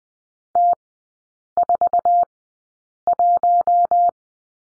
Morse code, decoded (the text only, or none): T41